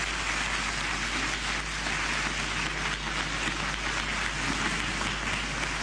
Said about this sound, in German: Da gibt es Beifall und Sie drücken sich ja aus, was viele empfinden.